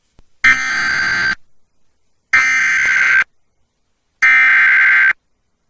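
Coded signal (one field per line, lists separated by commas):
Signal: Emergency Alert System (SAME) tones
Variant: header bursts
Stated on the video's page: EAS Severe Thunderstorm Warning for Laredo, Texas, with valid EAS tones captured from three FM stations.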